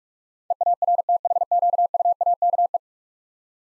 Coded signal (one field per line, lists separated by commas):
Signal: Morse code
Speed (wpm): 46 wpm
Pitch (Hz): 700 Hz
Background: none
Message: EARTHQUAKE